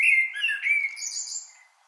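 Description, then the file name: Common blackbird giving a short fluted whistle followed by a thin, high trailing squeak. "Turdus merula"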